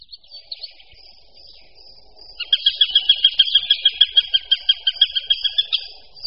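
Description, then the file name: Eurasian sparrowhawk with a faint, high, thin note at first, then a fast, harsh chattering series of repeated notes. "Krahujec-obecný"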